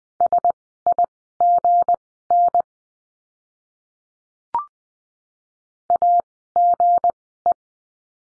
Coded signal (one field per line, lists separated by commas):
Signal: Morse code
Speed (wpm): 20 wpm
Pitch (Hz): 700 Hz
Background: none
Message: SIGN AGE